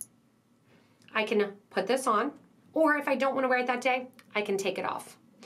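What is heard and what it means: A metal clasp tongue is pushed into the body of a decorative box clasp used as a pendant, seating with a sharp click at 0.0 s so the removable tassel attaches. Someone then talks over a quiet background.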